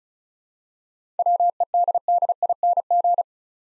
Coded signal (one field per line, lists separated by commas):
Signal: Morse code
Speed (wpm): 36 wpm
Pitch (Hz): 700 Hz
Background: none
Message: WEDDING